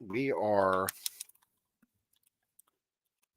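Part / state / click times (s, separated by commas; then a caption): plastic transformation part locking into the toy figure's body / seated / 2.6 s. Someone talks for about the first second while a plastic part of a transforming robot figure is pushed into place during its transformation. Several faint small plastic clicks follow, then a sharper click at 2.6 s as the part locks into the toy figure's body.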